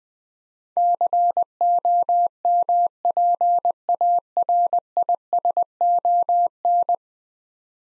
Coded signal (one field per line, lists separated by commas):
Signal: Morse code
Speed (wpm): 21 wpm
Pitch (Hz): 700 Hz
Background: none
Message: COMPARISON